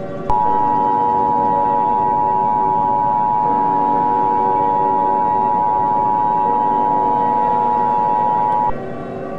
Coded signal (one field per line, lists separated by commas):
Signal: Emergency Alert System (SAME) tones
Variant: 853 and 960 Hz attention tone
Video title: EAS scenario - Jupiter Collision